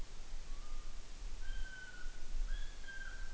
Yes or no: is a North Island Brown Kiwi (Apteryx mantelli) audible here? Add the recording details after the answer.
yes. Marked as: faintness 2/5. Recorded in New Zealand on 8 June 2013. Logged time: 02:19